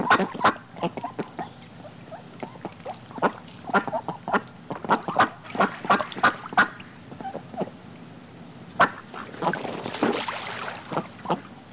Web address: flock splashing in water animal bird quacking flapping in water